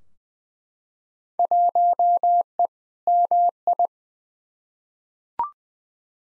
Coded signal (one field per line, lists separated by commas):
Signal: Morse code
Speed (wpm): 20 wpm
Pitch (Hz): 700 Hz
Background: none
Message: 1E MI